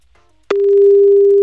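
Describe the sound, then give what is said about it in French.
After a brief near-silence, a telephone line tone for an outgoing call placed live on a radio show cuts in abruptly: a loud, steady, single low-pitched hum that holds unbroken to the end, with no talking. “on l'appelle en direct, et c'est Denis Chon qui passe un petit coup de téléphone.”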